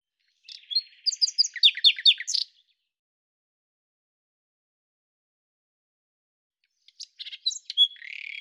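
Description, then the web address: Common nightingale singing two phrases separated by about four seconds of silence: a rapid jumble of high twittering notes, then a scratchy chattering phrase ending in a buzzy note. "cianscape birddata Deverinetal 2025 Bird Lu Me"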